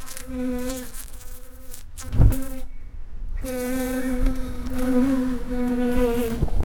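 Bumblebee buzz, a steady low droning hum with a brief break and a soft thump midway, then the buzz resumes and holds before cutting off.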